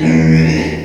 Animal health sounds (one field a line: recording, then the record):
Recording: squeal of a Yucatan mini pig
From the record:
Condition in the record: before surgery on the right vocal fold (resection and tissue-engineered implant)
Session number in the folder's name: 2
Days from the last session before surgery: 0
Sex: male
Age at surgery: 12 weeks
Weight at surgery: 13 kg